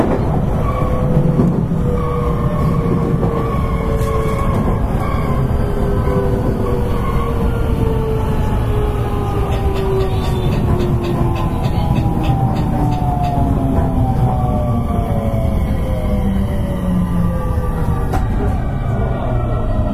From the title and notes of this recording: JR西日本223系 JR神戸線快速 神戸から大阪まで. JR西日本223系電車の走行音です。 JR神戸線の快速列車で録音しました。 Running noise of JR West 223 series train.